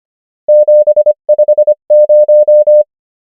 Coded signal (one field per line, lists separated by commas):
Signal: Morse code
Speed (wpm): 25 wpm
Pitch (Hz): 600 Hz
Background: none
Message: 7 5 0